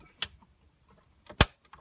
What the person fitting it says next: you heard that snap right